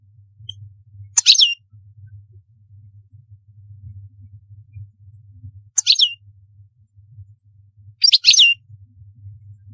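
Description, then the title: European goldfinch song: three brief liquid downslurred notes a few seconds apart, with low hum in the background. "Chant Chardonneret"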